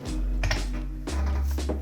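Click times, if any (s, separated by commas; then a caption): 0.4 s, 0.5 s. A front-wheel swivel lock on a Joolz Day+ stroller is released, giving two quick clicks at 0.4 s and 0.5 s as it comes undone. Steady music plays underneath throughout.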